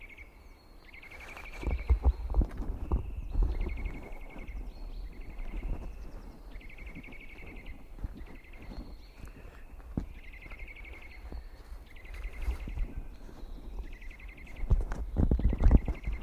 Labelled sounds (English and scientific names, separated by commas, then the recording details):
Eurasian Nuthatch (Sitta europaea)
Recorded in the wild
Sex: male
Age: adult
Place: Liepnitzsee, Naturpark Barnim, Brandenburg, DE
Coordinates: 52.7433, 13.5169
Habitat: decidouos forest
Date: 2011-03-27
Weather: overcast, 0°C, no wind
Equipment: Sound Devices 702, Sennheiser MKH 70, Rycote Windschutz
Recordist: Frommolt, Karl-Heinz
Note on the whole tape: Altbuchenbestand am Liepnitzsee: Gesang eines Kleibers. Drei verschiedene Rufformen. Entfernung 75 m